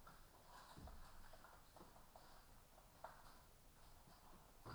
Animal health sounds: poultry house recording; healthy chickens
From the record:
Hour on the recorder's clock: 12

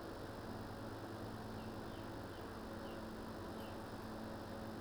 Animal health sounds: poultry house recording; healthy chickens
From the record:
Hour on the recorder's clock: 11

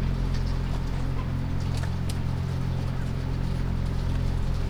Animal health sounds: poultry house recording; sick chickens (respiratory disease)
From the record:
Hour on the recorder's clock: 1

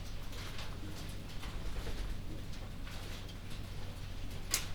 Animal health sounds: poultry house recording; no chicken sound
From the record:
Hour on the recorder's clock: 22

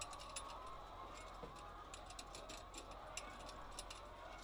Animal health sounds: poultry house recording; healthy chickens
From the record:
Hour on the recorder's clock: 8

